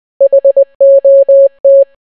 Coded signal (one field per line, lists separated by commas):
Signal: Morse code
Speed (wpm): 20 wpm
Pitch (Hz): 550 Hz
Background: none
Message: HOT